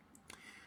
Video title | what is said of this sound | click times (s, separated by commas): 1/537 Klingon Cruiser K'tinga Upgrade Kit | so this clear piece just pops right in to the Dome you see | 0.3 s